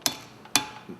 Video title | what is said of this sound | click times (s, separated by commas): [자동차정비기능사필기독학] 자동차정비기능사 2차 실기반 | 이러한 소리 각각 딸깍 하는 소리가 날 때까지 만 노력을 하셔야 된다는 얘기에요 | 0.1 s, 0.6 s